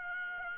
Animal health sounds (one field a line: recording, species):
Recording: mosquito wingbeat signal from an infrared sensor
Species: Aedes aegypti